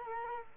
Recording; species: mosquito wingbeat signal from an infrared sensor; Culex quinquefasciatus